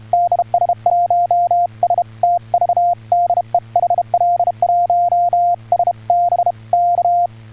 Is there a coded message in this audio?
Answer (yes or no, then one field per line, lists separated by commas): yes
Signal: Morse code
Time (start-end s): 0.1-7.3 s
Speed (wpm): 26 wpm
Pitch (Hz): 700 Hz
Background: none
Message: DS1STV DE HL1SB K